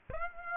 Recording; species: mosquito wingbeat signal from an infrared sensor; Aedes aegypti